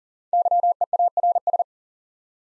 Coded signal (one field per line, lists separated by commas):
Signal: Morse code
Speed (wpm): 40 wpm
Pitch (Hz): 700 Hz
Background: none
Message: YEARS